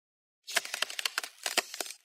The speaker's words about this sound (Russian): «Лед тронулся!» Слышны крики среди ясного весеннего дня. «Ребята, лед идет!» Лед трогается аккуратно каждую весну, но, тем не менее, ледоход всегда составляет событие и злобу дня.